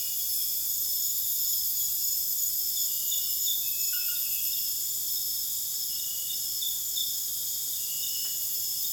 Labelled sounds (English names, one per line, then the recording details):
none
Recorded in dense forest near Puerto Asís, Putumayo, Colombia, on 24 June 2025 at 00:30
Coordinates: 0.484, -76.325
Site H65